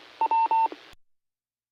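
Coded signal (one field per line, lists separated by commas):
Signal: none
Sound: repeater courtesy tone beeps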